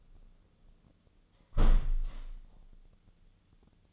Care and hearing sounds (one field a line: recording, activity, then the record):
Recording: daily activity, microphone in the room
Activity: close window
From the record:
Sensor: 4